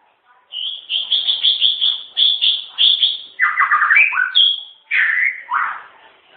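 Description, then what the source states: White-rumped shama song: rapid series of sweet repeated whistled notes near the top, then lower rich warbled phrases, delivered almost without pause. Wild bird in forest; original natural song.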